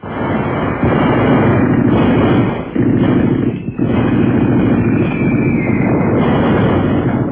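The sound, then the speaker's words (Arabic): Warplanes roar into the sky amid heavy artillery gunfire, a loud, dense, unbroken rumble of engines and blasts that barely lets up except for a couple of brief dips. “فتنطلق في السماء تلك الوحوش الطائرة المدمرة، أصحابها زغاريد طلقات نيران ذلك الرجل الرهيب قائد المدفعية.”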